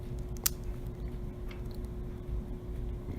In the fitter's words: once you got it out you take your new battery and you here snap into place